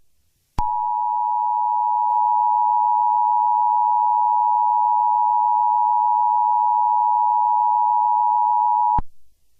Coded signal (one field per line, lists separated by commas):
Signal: Emergency Alert System (SAME) tones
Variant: 853 and 960 Hz attention tone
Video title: Black Hole: A Remastered EAS Scenario